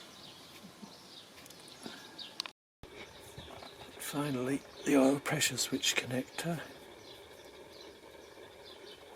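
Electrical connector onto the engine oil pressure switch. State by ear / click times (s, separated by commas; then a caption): not seated / none. A plastic electrical connector for the oil pressure switch on the engine of a BMW 318iS is handled over quiet outdoor background noise with faint bird calls, with a few brief taps around 1.5 s and 2.4 s and a short dropout near 2.6 s. Someone talks from about 4 to 6.5 s. The connector has not yet been pushed home, and nothing has seated or clicked yet.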